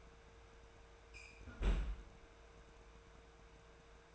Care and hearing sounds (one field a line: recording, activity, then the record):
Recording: daily activity, microphone in the room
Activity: close fridge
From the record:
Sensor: 2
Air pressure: 1014.8 hPa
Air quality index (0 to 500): 196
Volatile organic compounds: 17 ppm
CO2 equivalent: 2595 ppm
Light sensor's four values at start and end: 26/63/27/30 and 23/57/24/27